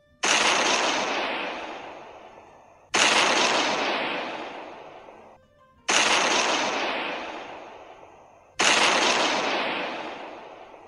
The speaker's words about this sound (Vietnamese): Những tiếng nổ liên tục lại vang lên, thuốc nổ giấu trong đèn lồng tiếp tục nổ tung, sóng công kích ép ra tầng tầng khói bụi